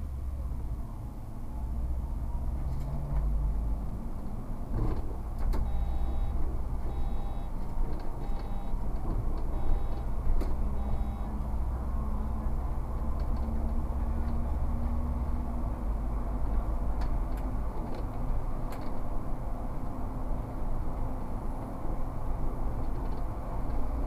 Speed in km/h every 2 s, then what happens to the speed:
20, 28, 35, 37, 39, 42, 45, 47, 51, 51, 52, 50.
0-16 speeds up to 51. 16-24 steady at about 51.